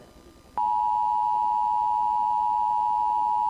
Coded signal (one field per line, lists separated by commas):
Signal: Emergency Alert System (SAME) tones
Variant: 853 and 960 Hz attention tone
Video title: 2 Weeklies, 2 Monthies, and 1 ADR (EAS #817-#821)